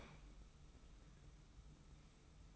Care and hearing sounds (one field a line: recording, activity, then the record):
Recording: daily activity, microphone in the room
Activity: open fridge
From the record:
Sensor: 1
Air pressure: 990.9 hPa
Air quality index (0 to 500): 113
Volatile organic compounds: 128 ppm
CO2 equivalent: 3920 ppm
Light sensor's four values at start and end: 19/46/19/21 and 19/46/19/21